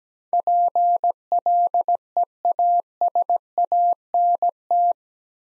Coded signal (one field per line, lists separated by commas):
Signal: Morse code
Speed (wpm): 17 wpm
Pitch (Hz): 700 Hz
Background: none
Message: PLEASANT